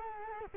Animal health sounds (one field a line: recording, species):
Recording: mosquito wingbeat signal from an infrared sensor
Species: Culex quinquefasciatus